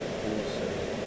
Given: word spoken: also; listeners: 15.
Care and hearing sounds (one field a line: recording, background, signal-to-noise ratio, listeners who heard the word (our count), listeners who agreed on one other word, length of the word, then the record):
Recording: one English word in noise, from a listening test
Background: speech-shaped noise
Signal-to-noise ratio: -4.3 dB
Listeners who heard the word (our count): 3 of 15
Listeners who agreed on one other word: 8 of 15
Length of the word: 0.66 s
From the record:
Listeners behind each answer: 8, 3, 1, 1, 1, 1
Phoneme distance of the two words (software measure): 34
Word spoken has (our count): 2 syllables, 4 phonemes, stress on syllable 1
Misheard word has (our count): 2 syllables, 4 phonemes, stress on syllable 1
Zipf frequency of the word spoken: 5.81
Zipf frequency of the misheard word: 5.53